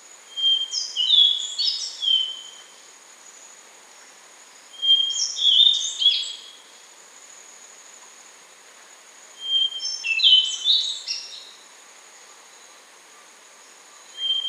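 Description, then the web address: Rufous-brown solitaire song: repeated phrases of high, ringing whistles and squeaky slurred notes, one phrase about every five seconds, with a faint steady insect-like tone. Recorded in Ecuador. "Birds of Ecuador. Rufous-brown Solitaire"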